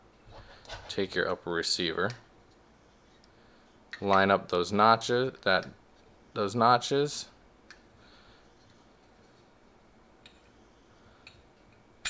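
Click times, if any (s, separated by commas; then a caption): none. A barrel is lined up by its notches with an upper receiver while someone talks, followed by quiet handling with a few small taps and contact sounds near 7.7, 10.3 and 11.3 seconds. The barrel has not seated or clicked into the receiver yet.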